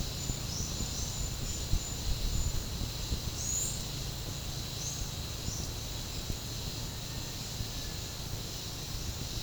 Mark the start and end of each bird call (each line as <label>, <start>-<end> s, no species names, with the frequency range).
bird call (5.2-9.7 kHz), 3.34-3.87 s
bird call (4.4-7.4 kHz), 4.74-5.67 s